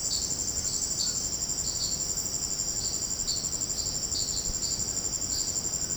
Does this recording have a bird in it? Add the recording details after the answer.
no. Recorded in dense forest near Puerto Asís, Putumayo, Colombia, on 4 March 2025 at 18:00. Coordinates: 0.500, -76.322. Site GP06